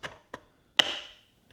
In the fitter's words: and push down till it snaps into place.